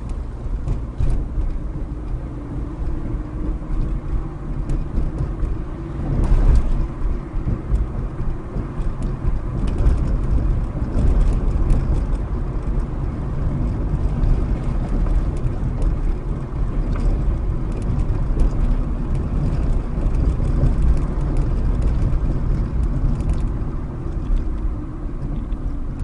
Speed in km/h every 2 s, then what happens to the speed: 32, 37, 39, 42, 44, 47, 45, 44, 44, 45, 45, 40, 29.
0-10 speeds up to 47. 10-20 steady at about 45. 20-26 slows to 29.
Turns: none.